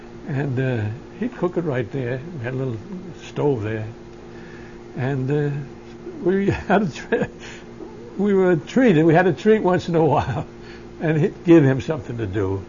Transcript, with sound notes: And he'd cook it right there, had a little stove there. And we had, ( he laughs ) we were treated. We had a treat once in a while, and it gave him something to do.